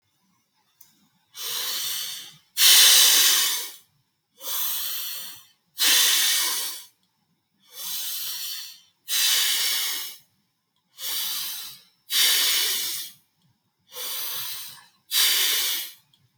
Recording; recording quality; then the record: deep breathing; excellent, no background noise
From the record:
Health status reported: healthy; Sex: male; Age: 23 years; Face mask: not worn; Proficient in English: yes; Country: India